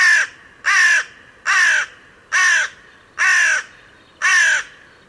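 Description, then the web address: Bird cawing six times in a steady series, each note harsh and slightly falling, spaced under a second apart. "cianscape. Deverinetal. Bird Only"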